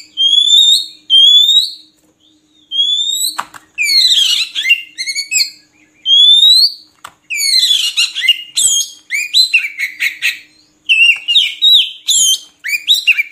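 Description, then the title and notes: Oriental magpie-robin song mixing rising clear whistles with long stretches of harsh scratchy chatter, phrases following each other with short gaps. Song for training caged birds, intended to make the bird sing actively day and night. "Kacer Jadi Gacor Siang Malam. Isian Kacer Durasi Panjang"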